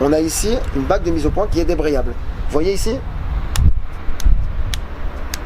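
Someone talks for the first three seconds, then the clutch-type manual focus ring on a zoom lens barrel, with an Olympus OM-D E-M1 Mark II, is slid back and forth between its autofocus and manual focus positions. Each move ends in a crisp detent click as the ring snaps into position, at 3.6, 4.2, 4.7 and 5.3 seconds.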